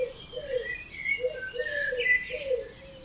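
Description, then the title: Birds singing, with a few short low hoots and high warbling song woven above them. Dawn chorus at 4am in Oberhofen, Inntal, Austria; binaural recording. "Birds Oberhofen Inntal Austria - 4am - binaural version"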